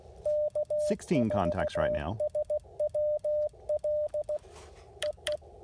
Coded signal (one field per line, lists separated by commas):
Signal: Morse code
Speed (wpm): 16 wpm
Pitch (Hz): 600 Hz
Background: speech, radio noise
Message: K4SWL EE